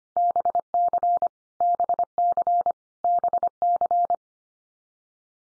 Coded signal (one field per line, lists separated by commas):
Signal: Morse code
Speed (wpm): 25 wpm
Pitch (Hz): 700 Hz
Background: none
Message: BC BC BC